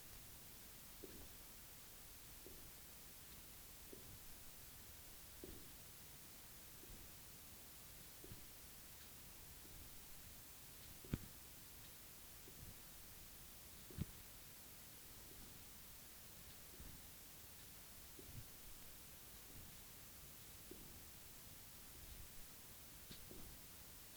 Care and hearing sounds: daily activity, guitar pickup as the sensor; jump

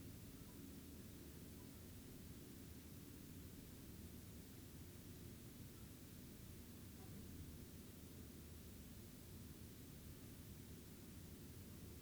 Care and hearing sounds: daily activity, guitar pickup as the sensor; lie down

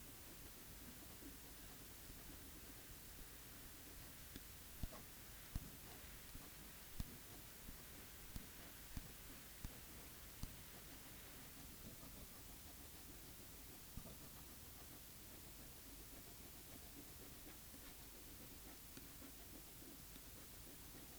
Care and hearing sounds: daily activity, guitar pickup as the sensor; write

